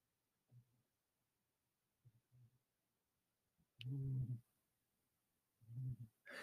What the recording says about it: You can probably now hear the dog of the pod snoring in the background now that he's settled into being trapped in here with us.